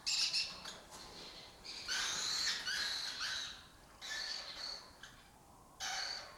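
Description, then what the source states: Lesser kestrel calls, grating chatters in repeated bursts separated by brief pauses. Colony of migratory lesser kestrels breeding in an abandoned building complex in Doñana, southern Europe; species forages in West Africa.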